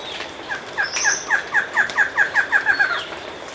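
Bird calls in a fast run of about a dozen short, bright, downslurred notes, steady in pitch, with a thin high whistle and a soft hiss behind.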